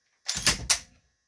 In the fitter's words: There we go. Okay, and once it's locked back, receiver,